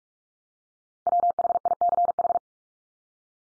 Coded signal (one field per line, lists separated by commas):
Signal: Morse code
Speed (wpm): 46 wpm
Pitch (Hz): 700 Hz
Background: none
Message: WHICH